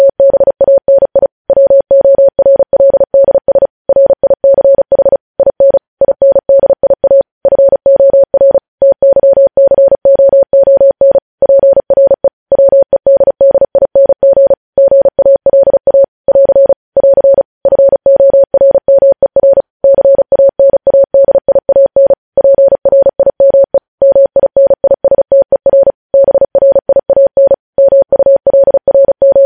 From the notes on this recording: Morse code